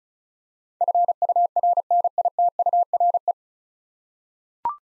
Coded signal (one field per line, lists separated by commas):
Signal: Morse code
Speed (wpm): 34 wpm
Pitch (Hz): 700 Hz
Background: none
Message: FURNITURE